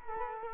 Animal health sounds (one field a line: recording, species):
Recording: mosquito wingbeat signal from an infrared sensor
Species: Culex quinquefasciatus